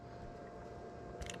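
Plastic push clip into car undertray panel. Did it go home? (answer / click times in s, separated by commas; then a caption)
yes / 1.3 s. A large center plastic push clip is pushed into the undertray/engine cover of a 2013 Toyota Prius; it replaces one that was already missing. Over steady background noise, two short sharp clicks sound at 1.3 and 1.3 seconds (1.30 and 1.34 s). The clip is seated.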